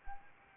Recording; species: mosquito wingbeat signal from an infrared sensor; Anopheles arabiensis